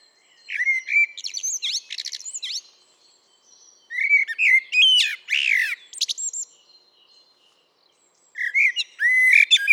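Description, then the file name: Eurasian blackbird song: three separate phrases of low warbled whistles followed by thin, high squeaky flourishes, with short silent gaps between them. "Turdus merula"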